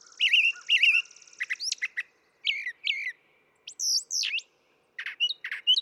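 Brown thrasher song with looping whistled notes, sharp chips and rising slurs in quick, irregular phrases, with a faint buzzy tone early on.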